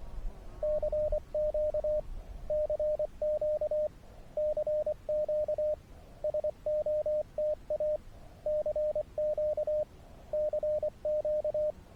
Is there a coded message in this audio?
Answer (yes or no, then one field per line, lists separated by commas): yes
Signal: Morse code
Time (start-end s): 0.6-11.7 s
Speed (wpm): 22 wpm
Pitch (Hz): 590 Hz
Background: radio noise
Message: CQ CQ CQ SOTA CQ CQ